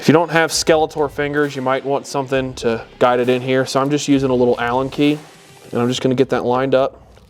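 A small metal square clip nut, wings facing outward, is guided with a little Allen key and lined up with a square hole in the sheet metal of a RAM truck tailgate, where it will hold the tailgate light bar. Someone talks throughout, and the sound grows quiet near the end. Nothing has seated or clicked yet.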